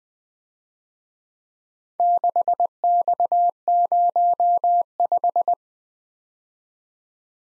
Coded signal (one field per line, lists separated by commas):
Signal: Morse code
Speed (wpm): 23 wpm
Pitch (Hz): 700 Hz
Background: none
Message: 6X05